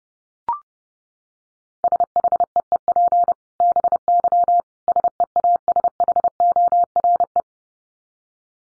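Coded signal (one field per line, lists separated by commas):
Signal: Morse code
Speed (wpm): 30 wpm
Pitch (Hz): 700 Hz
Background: none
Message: SHEEP BY SEASHORE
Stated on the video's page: Morse code head-copy drill at 30 wpm of short phrases made almost entirely of dits (E, I, S, H, 5).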